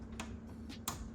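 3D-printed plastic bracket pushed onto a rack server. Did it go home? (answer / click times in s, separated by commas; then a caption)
yes / 0.9 s. A custom 3D-printed, spray-painted plastic bracket is slid in and pushed down onto rack server hardware, with a light tick at 0.2 s followed by a sharp, louder snap at 0.9 s. The bracket snaps into place and sits tight.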